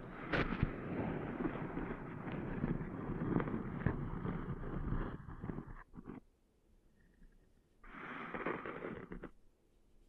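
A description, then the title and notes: Sand is cleaned out of an ear with dense, scratchy rubbing and crackling over a low rumble, plus a few sharp pops, for the first six seconds. A near-silent pause follows, then a shorter, brighter burst of scratching around eight seconds before quiet returns. ASMR Cleaning Sand Out of Your Ears (No Talking).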